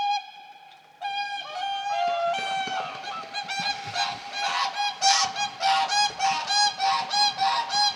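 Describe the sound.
Whooper swans trumpeting, brassy honks overlapping from several birds, starting faint then building into a dense, continuous chorus of quick repeated calls.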